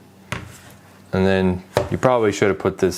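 A drive base bracket is locked into the chassis of a Kamrui Intel N95 4 Core Mini PC so it cannot move, giving a single sharp click at 0.3 s. The bracket is then seated, and someone talks afterward.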